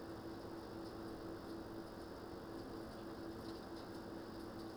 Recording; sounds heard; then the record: poultry house recording; no chicken sound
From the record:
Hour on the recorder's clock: 20